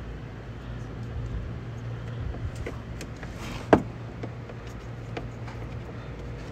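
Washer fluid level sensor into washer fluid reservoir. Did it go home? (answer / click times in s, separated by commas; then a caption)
yes / 3.7 s. A washer fluid level sensor on a 2013–2024 Mitsubishi Outlander or Outlander Sport, addressed for a low washer fluid code, is pushed into its mounting on the plastic washer fluid reservoir over a steady low background hum. A sharp click at 3.7 s marks the sensor seating in place, followed by a fainter tick around 5.2 s.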